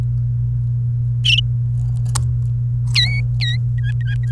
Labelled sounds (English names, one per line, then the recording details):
Domestic Canary song
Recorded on 29 April 2018 at 11:02
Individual llb3